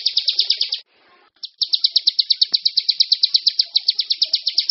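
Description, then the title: Bar-winged prinia song, a rapid run of buzzy chipping notes, briefly broken by a pause, then resuming as an even, steady trill. "Suara Burung Ciblek"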